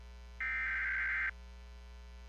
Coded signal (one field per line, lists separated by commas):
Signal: Emergency Alert System (SAME) tones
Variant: header bursts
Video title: (EAS #27) | Guam Flash Flood Warning on KGUM-AM | 08/27/2020 (READ DESC!)